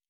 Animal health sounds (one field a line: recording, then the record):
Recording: hydrophone in a shrimp aquaculture tank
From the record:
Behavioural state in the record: normal